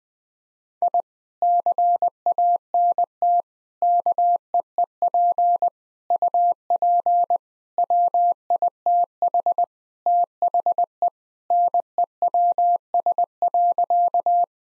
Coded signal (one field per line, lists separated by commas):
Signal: Morse code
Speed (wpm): 19 wpm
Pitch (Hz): 700 Hz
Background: none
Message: I CANT KEEP UP WITH THE NEWS.